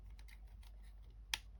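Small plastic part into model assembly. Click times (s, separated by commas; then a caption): 1.3 s. A fiddly small plastic part is pressed into a Star Wars Darth Vader model kit assembly, with faint soft handling ticks early on. A loud, sharp click rings out at 1.3 seconds as the part seats in place.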